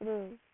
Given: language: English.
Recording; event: throat vibration sensor signal played as sound; speech